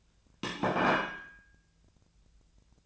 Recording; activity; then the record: daily activity, microphone in the room; place plate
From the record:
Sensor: 2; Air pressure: 1009.2 hPa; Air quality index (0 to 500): 187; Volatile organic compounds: 12 ppm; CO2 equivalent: 2325 ppm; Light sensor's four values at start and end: 24/58/25/27 and 24/58/25/27